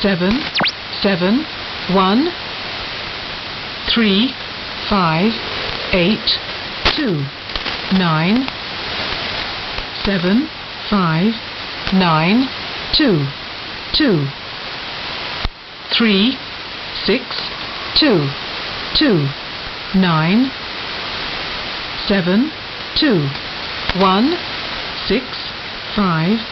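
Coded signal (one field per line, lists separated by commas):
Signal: numbers station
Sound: a voice reading digit groups at an even pace over radio hiss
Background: radio static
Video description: Never heard before numbers station, probably a pirate having fun.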